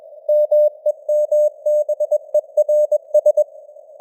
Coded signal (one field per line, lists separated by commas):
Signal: Morse code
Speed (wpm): 21 wpm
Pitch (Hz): 600 Hz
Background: none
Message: MEMBERS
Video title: Morse Code News | 2025-11-05 | 21wpm